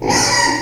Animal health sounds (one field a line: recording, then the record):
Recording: squeal of a Yucatan mini pig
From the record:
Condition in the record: before surgery on the right vocal fold (resection and tissue-engineered implant)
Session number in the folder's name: 2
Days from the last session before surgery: 0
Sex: male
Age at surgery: 12 weeks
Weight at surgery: 13 kg